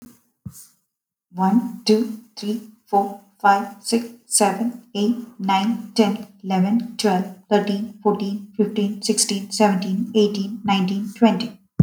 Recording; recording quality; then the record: counting at a fast pace; excellent, no background noise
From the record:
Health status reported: healthy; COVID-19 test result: not tested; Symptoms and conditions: none ticked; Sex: female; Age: 38 years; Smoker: not ticked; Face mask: not worn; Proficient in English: yes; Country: India